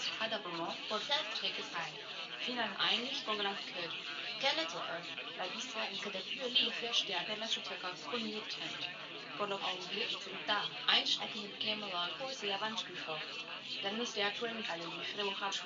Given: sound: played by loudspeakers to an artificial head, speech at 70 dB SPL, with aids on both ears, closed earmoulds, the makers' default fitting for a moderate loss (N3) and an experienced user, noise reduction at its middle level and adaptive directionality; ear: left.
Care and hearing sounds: speech test signal (ISTS) in cocktail-party noise; +6 dB; on the right (90 degrees)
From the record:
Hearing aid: class 1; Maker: G

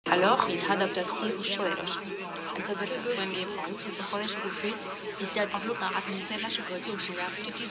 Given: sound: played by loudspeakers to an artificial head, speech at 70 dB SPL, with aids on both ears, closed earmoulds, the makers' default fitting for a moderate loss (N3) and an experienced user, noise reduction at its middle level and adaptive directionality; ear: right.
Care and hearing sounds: speech test signal (ISTS) in cocktail-party noise; -3 dB; on the right (90 degrees)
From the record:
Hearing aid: class 2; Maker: E

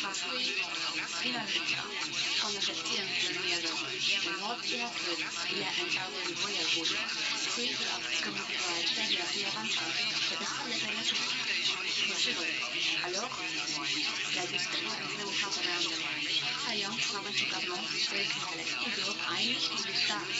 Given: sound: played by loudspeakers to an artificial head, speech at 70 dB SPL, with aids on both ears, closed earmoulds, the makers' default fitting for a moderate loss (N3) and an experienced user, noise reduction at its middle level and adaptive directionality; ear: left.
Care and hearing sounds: speech test signal (ISTS) in cocktail-party noise; 0 dB; on the right (90 degrees)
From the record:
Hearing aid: class 1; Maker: A

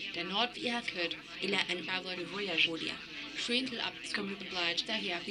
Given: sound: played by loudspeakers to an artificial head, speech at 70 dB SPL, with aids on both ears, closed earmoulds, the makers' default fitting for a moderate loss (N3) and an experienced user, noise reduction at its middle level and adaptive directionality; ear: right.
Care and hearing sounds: speech test signal (ISTS) in cocktail-party noise; +9 dB; in front (0 degrees)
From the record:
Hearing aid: class 2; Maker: D

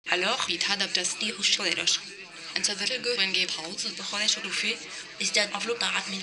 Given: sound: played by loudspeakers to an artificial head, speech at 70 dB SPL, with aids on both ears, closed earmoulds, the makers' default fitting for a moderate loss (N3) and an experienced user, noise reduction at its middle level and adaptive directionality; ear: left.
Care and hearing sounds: speech test signal (ISTS) in cocktail-party noise; +9 dB; in front (0 degrees)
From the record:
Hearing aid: class 1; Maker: B

